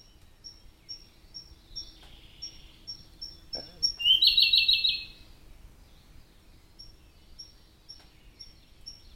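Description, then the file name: Siberian blue robin song: a run of thin, high, evenly spaced ticking notes, then a loud, rapid, rattling trill lasting about a second, followed by more soft ticks. "robin-siberian-blue -Larvivora-cyane"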